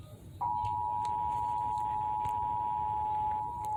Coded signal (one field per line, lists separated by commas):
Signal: Emergency Alert System (SAME) tones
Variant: 853 and 960 Hz attention tone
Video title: EAS #387: Severe Thunderstorm Warning - Indiana (6/18/2021) (WIPB)